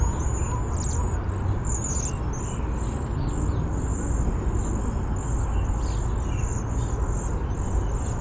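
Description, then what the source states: Cedar waxwing with a run of high, thin buzzy seee notes repeated many times, over a steady low-pitched rumble. Bzee-seee call type.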